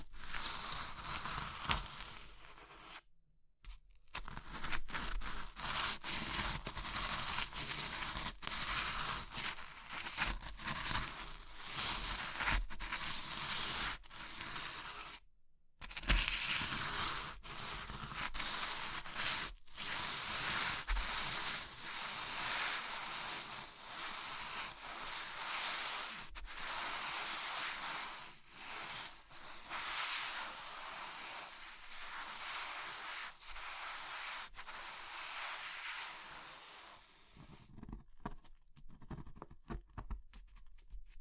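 Dense crunching and crumbling of brittle material like chalk or soap, continuous bright crackle with brief silent pauses near 3, 15 and 38 seconds.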